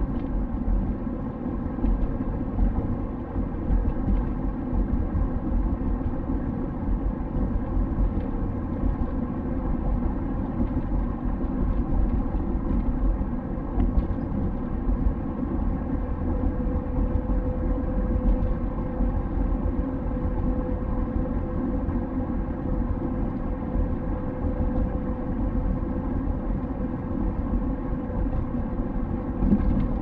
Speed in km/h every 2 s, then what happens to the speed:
59, 60, 60, 61, 63, 60, 60, 63, 64, 64, 64, 64, 64, 64, 64.
0-30 steady at about 63.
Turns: none.